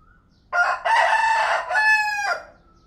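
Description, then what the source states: Chicken: rooster crowing, a single loud cock-a-doodle-doo of about two seconds with a short first note, a long sustained middle and a falling end. Rooster (male).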